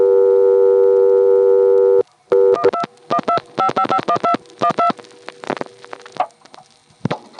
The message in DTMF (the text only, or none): 12125551212